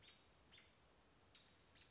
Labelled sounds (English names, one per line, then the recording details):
American Robin
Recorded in Sonoma County, California